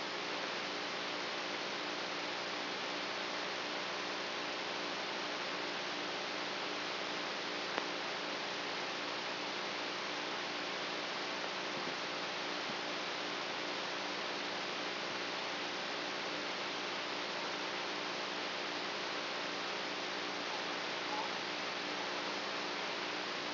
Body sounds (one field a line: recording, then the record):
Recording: brain microelectrode recording played as sound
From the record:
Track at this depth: inside the subthalamic nucleus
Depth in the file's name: 2.604 mm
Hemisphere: right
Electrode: 3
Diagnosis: Parkinson's disease